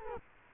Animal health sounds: mosquito wingbeat signal from an infrared sensor; Culex quinquefasciatus

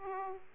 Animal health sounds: mosquito wingbeat signal from an infrared sensor; Aedes aegypti

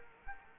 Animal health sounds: mosquito wingbeat signal from an infrared sensor; Culex quinquefasciatus

